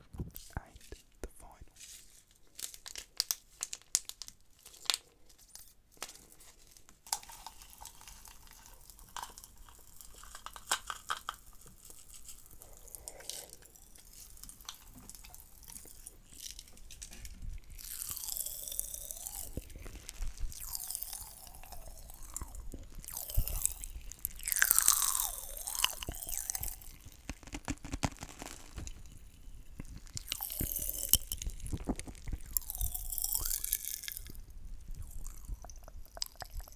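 Popping candy crackles in dense, rapid bursts, sparse at first, then building into loud, bright fizzing waves with crunchy chewing.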